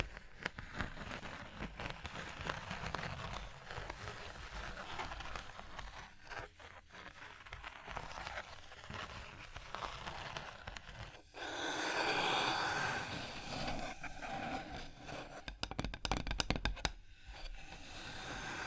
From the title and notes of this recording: ASMR Hypnotic Surface Tapping, Scratching, Tracing Sounds (No Talking).